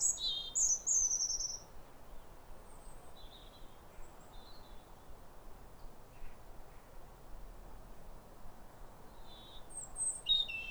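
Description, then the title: European robin singing sweet high phrases at the start, then softer scattered notes, ending with a louder thin phrase; a faint steady hiss throughout. Pair of robins in neighbouring gardens singing a duet at a clear, calm, rosy New Year sunrise in winter, after weeks of rain; recorded by Fergus Collins. "Sound Escape 150: Be uplifted by a chorus of New Year's robins"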